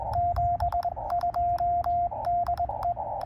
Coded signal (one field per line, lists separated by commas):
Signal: Morse code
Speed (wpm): 19 wpm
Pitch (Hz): 690 Hz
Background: none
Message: 72 DE